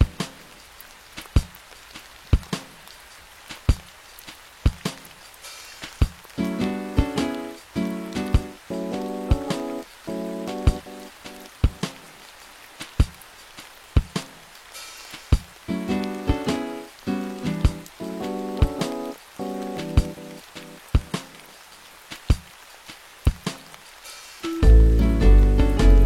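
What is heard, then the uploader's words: Rain sounds run through the whole piece as crisp, irregular drips and taps, over a soft hiss. Music with a bright, stepping melody enters around six seconds, fades, returns near fifteen seconds, and swells into a loud, dense chord at the very end. Music w/ Rain Sounds.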